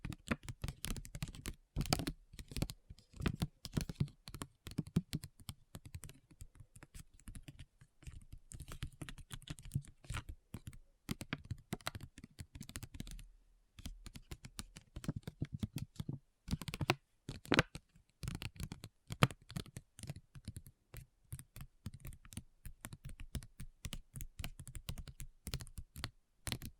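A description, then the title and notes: Rapid, dense tapping with sharp clicky strikes like keyboard typing, a steady flurry that pauses briefly near thirteen seconds before resuming. ASMR Addictive Tapping. (No Talking).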